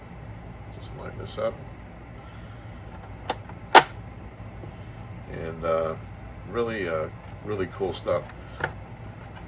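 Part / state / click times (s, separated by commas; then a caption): magnetic plastic dome onto model spacecraft body / seated / 3.3 s. A removable magnetic plastic dome is lined up and pressed down onto the body of a plastic Moebius Aries 1B spacecraft model, and the magnets pull it home with a sharp, positive click at 3.3 s. Someone talks before and after. The dome is seated.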